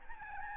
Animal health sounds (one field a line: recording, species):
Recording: mosquito wingbeat signal from an infrared sensor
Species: Aedes albopictus